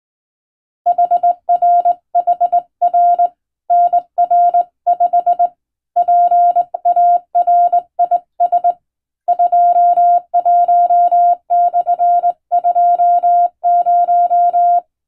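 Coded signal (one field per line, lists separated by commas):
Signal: Morse code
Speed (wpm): 20 wpm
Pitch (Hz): 700 Hz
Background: music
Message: HRHR NR5 PARIS 21/20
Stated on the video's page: Hand-keyed Morse sent on a straight key by a first-class radiotelegraph operator for receiving practice, using a telegram sending practice book; recreates ship-to-shore coast station traffic.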